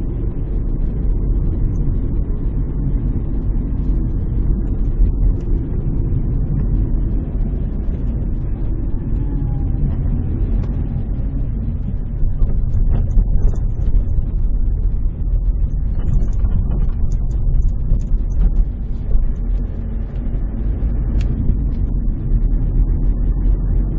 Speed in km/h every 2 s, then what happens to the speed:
36, 37, 35, 33, 24, 19, 19, 19, 18, 23, 28, 36.
0-6 steady at about 35. 6-10 brakes to 19. 10-17 steady at about 19. 17-24 speeds up to 36.